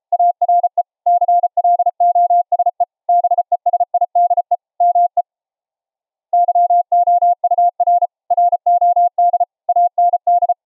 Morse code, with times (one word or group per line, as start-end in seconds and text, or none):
0.1-0.8 ARE
1.1-2.8 CLOSE
3.1-4.5 BESIDE
4.8-5.2 ME
6.3-8.1 YOUR
8.3-9.4 ROD
9.7-10.5 AND